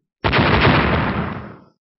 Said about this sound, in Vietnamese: Một tiếng nổ đùng kịch liệt vang lên, hai đạo hào quang cùng lúc chấn động, nổ lên tạo thành một làn sóng linh khí to lớn hơn cả, cuộn trào ra bốn phương tám hướng.